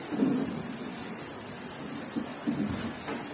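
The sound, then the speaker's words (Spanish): Heavy rain pours down in La Paz in a dense, steady hiss that never lets up, splashing water in through a door, broken by a few soft low thumps and no voices. “Está lloviendo muy duro aquí en La Paz.”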